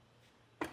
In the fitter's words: until it clicks into place now this is going to sit pretty close to our vehicle